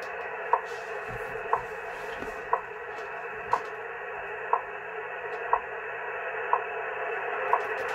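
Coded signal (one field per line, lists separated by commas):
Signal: radio time signal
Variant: WWV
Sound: eight sharp clicks, one each second, in steady hissing shortwave noise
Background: radio static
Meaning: Each tick marks one second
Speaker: the uh yeesu that has also shared antenna [Applause] 17 hours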